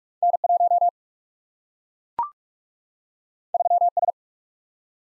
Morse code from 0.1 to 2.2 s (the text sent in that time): N 1